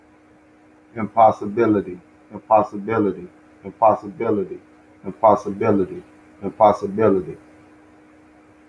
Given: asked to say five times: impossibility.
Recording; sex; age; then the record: repeated word; male; 40 to 49 years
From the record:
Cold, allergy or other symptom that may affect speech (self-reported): no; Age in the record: 46 years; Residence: Arkansas, United States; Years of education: 13